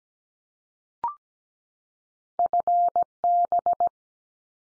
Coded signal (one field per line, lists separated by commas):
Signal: Morse code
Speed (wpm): 17 wpm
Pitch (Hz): 700 Hz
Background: none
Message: FB